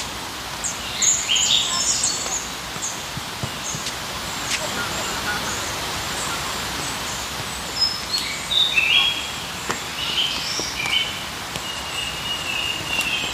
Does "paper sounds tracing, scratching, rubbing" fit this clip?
no